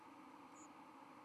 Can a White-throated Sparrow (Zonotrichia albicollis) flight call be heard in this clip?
no